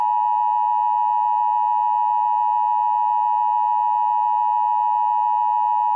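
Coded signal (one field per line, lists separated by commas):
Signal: Emergency Alert System (SAME) tones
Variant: 853 and 960 Hz attention tone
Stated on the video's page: Simulated EAS scenario.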